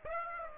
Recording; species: mosquito wingbeat signal from an infrared sensor; Aedes aegypti